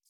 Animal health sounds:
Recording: hydrophone in a shrimp aquaculture tank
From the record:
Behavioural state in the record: feeding

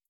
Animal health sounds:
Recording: hydrophone in a shrimp aquaculture tank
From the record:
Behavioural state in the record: stressed

